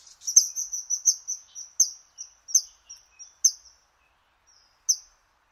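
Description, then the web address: Bird song: a rapid run of high, thin chirps that slows and thins out, ending with one isolated note. "az brid sounds"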